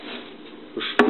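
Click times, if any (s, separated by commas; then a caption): 1.0 s. A homemade elevator platform comes to a stop and its lock pin or latch engages in the homemade elevator frame with one sharp knock at 0.99 s. A quieter shuffle just before leads into the loud, brief impact, and the lock is seated.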